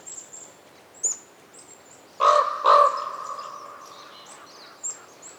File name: WINTER Forest day raven calls reverberating and other birds chirps with some wind, North Laurentian Woods, Canada